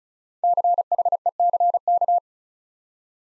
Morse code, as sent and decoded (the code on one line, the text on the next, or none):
-.-. .... . -.-. -.-
CHECK